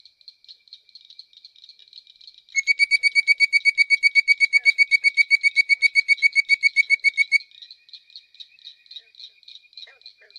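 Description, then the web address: Bird-voiced treefrog call: a loud burst of many quick, whistled notes lasting about five seconds, with softer, higher pulsing calls before and after. "Frog Hyla Avivoca"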